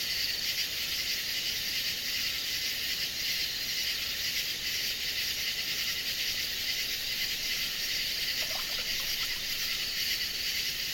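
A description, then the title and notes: Cicadas and frogs sing in a dense, unbroken chorus, a bright shimmering buzz that holds steady for the whole stretch. Around eight to nine seconds a few higher calls briefly rise above it. A soft low rumble sits underneath throughout. Night Chorus. Cicadas and frogs sing in a chorus. This is what it sounds like in the evening at Uncle Bob’s place out in Arkansas. Sound Recording by Dave Filbin.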